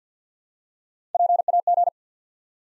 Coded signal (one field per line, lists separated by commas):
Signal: Morse code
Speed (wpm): 48 wpm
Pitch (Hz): 700 Hz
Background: none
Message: PAG